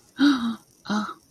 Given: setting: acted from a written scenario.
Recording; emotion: vocal sound without words; realization